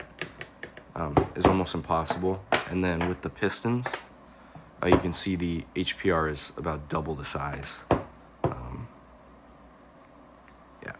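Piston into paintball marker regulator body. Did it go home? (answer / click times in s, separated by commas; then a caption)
no / none. Someone talks while trying to push a wrong-size piston into the HPR regulator body of a Planet Eclipse LV2 paintball marker. A few short taps and knocks are heard, including one near 8.4 s. The piston will not go in and has not clicked into place.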